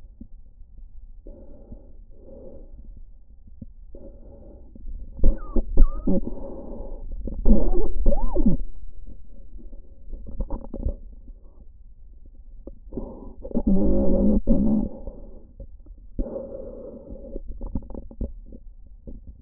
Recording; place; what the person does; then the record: lung sounds by stethoscope; trachea; quiet breathing, then cough and speech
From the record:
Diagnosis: interstitial lung disease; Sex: female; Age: 53 years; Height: 168 cm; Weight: 108 kg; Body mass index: 38.3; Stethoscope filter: diaphragm mode